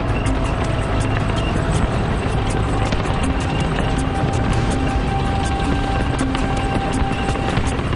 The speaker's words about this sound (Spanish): Becker puede engañar a los soviéticos con el ruido característico de los motores de los T-34.